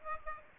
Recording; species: mosquito wingbeat signal from an infrared sensor; Aedes aegypti